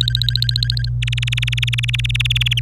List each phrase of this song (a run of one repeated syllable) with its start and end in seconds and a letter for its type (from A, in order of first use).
0.01-0.89 A, 1.02-2.60 B